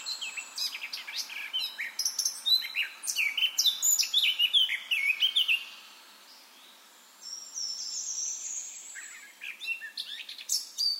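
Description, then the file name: Eurasian blackcap song: rapid chattering warble flowing into loud fluty whistled notes, then a pause and a fainter restart. "Sylvia atricapilla"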